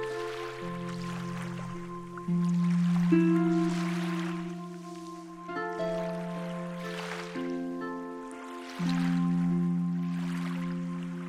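Lapping Columbia River water washes in soft, airy swells every couple of seconds beneath held piano, string and synth chords that shift slowly.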